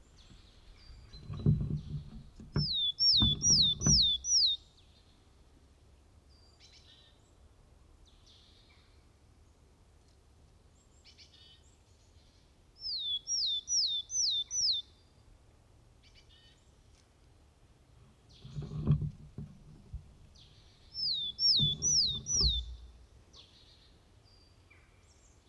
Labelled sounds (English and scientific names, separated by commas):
Willow Tit (Poecile montanus) song